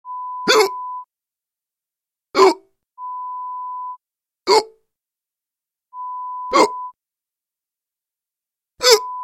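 Five short, abrupt gulping hiccups from an adult arrive about every two seconds, at roughly 29 a minute but not evenly spaced, with a steady beep tone overlaid on parts.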